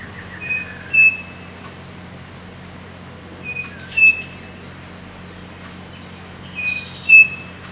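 Bird whistles: three short phrases of clear, high, level whistled notes, each with a brief lower note before it, spaced about three seconds apart over a steady low hum.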